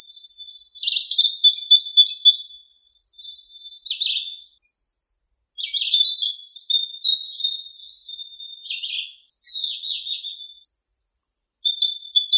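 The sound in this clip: Thrush song of high, varied phrases: rapid buzzy trills and clear whistled notes follow one another with short pauses throughout.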